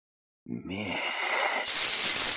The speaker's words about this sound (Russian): Тихое шипение донеслось сверху.